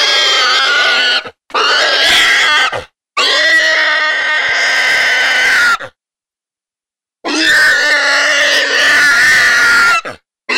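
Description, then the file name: Wild boar distress squeals, loud harsh harmonic screams in long bursts with silent gaps between them. "Wild Hog Distress"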